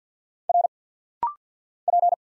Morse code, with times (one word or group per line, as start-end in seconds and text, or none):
0.5-0.7 R
1.9-2.1 P